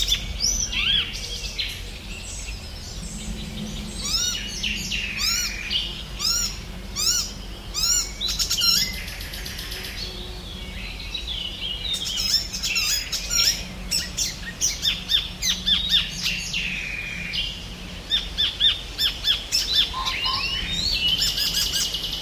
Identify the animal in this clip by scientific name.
Hippolais icterina